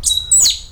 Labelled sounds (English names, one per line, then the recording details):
Stitchbird song
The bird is a male
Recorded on Tiritiri Matangi Island, New Zealand, in 2005
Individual 20, of nest box 28